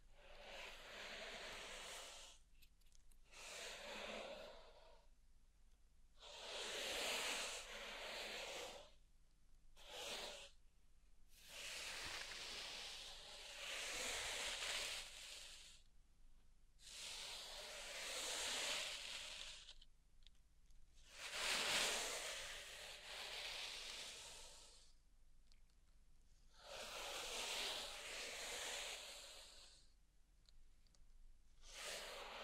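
Pink salt is raked through a zen garden in repeated bright, grainy scraping strokes, each a couple of seconds long, separated by short quiet pauses.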